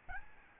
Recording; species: mosquito wingbeat signal from an infrared sensor; Aedes albopictus